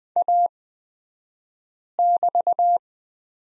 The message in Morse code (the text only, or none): A<BT>